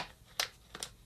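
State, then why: Not seated. A motorized pan head mount is handled as it is fitted onto an iFootage Cobra 2 Strike monopod, with a sharp bright tick near 0.4 s and two softer scrapes around 0.75 to 0.85 s against a quiet background. Nothing has seated or locked into place yet.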